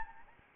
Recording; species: mosquito wingbeat signal from an infrared sensor; Anopheles arabiensis